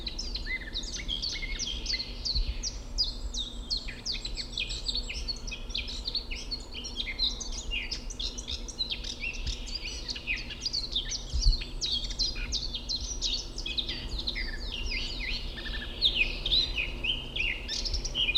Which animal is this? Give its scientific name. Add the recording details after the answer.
Sylvia atricapilla. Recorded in the wild. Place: Mirnock, Nockberge, Kärnten, AT. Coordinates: 46.758, 13.7144. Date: 1969-04-18. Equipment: Uher 4000. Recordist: Brunner, Thomas